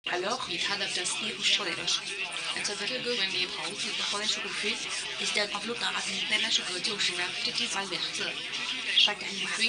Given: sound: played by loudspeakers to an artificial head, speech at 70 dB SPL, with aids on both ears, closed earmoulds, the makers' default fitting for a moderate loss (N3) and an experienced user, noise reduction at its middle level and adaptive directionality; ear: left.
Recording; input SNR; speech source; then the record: speech test signal (ISTS) in cocktail-party noise; +6 dB; on the right (90 degrees)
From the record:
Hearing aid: class 2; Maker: A